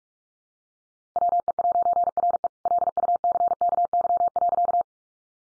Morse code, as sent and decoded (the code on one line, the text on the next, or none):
.-- . .----. .-. . / .-.. ..- -.-. -.- -.-- .-.-.-
WE'RE LUCKY.